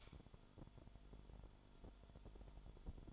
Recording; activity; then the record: daily activity, microphone in the room; light on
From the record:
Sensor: 5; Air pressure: 1008.0 hPa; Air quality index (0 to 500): 103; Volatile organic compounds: 1 ppm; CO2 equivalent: 805 ppm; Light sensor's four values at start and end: 29/68/27/26 and 30/69/28/27